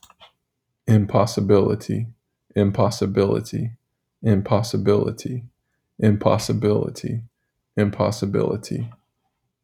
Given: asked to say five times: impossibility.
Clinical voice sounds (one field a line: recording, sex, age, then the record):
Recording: repeated word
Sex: male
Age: 20 to 29 years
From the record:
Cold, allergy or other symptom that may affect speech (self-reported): no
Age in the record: 28 years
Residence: Texas, United States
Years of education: 20